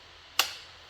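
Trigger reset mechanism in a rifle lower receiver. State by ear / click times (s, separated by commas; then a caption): seated / 0.4 s. During a function check on a rifle lower receiver, the trigger is released after the hammer has been recycled. The trigger mechanism resets with a single sharp click at 0.4 s, which fades over the next few tenths of a second against a quiet background. The trigger reset is confirmed.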